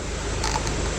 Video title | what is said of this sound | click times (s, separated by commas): MECADAYS VIDANGE VW TIGUAN 2.0 TDI | Tu as entendu ? Pas un claque de fou parce que ils sont pas d'origine d'origine. | 0.5 s, 0.7 s